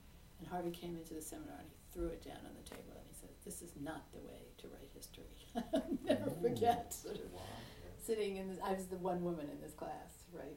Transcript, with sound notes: And Harvey came into the seminar and he threw it down on the table and he said, "This is not the way to write history!" (laughs) I'll never forget sort of sitting, I was the one woman in this class, right?